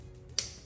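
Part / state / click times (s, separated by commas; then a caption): evap vapor hose quick-connect onto charcoal canister port / seated / 0.4 s. On a 2021-2024 Hyundai Elantra 2.0L, the evap vapor hose quick-connect is slid up onto the charcoal vapor canister port nipple until it locks. After near silence, a single sharp, bright click lands at 0.4 s and fades quickly. The quick-connect is confirmed seated.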